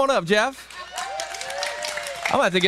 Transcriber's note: cheering